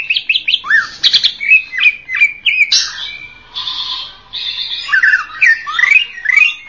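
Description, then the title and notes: Greater green leafbird song, a rapid varied medley of sweet whistles, chirps and slurred notes. Local name cucak ijo; described as a champion songbird. "Kicau Burung Cucak Ijo Juara. Suara kicauan burung cucak ijo"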